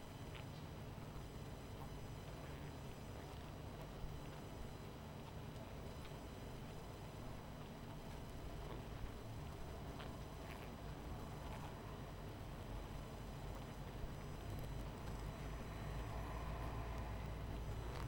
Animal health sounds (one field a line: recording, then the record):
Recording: honeybee colony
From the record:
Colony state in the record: missing queen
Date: 14 July 2017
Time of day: 22:14